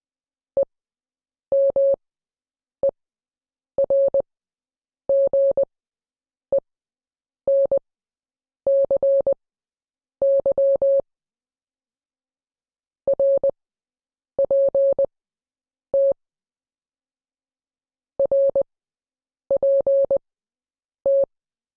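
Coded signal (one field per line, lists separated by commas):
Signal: Morse code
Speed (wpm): 20 wpm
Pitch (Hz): 550 Hz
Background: none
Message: EMERGENCY RPT RPT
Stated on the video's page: Morse code class lesson.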